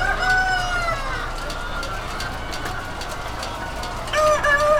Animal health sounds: poultry house recording; healthy chickens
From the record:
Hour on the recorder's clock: 20

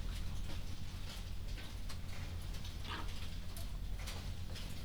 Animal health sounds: poultry house recording; sick chickens (respiratory disease)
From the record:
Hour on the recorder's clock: 1

